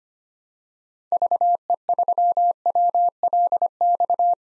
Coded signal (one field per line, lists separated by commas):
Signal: Morse code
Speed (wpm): 25 wpm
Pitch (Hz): 700 Hz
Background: none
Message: VE3WLX